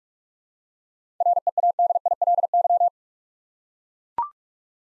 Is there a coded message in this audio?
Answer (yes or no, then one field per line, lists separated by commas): yes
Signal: Morse code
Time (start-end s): 1.2-2.9 s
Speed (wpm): 41 wpm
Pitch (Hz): 700 Hz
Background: none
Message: READILY